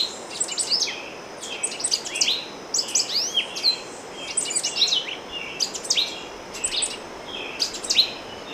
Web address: Natures Songs S America Eastern Lowlands Euphonia chrysopasta, song